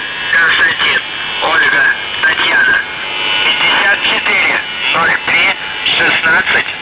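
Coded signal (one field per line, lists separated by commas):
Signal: numbers station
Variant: UVB-76, Russian voice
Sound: a male voice reading a short coded message over noisy shortwave, with faint buzz tones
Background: radio static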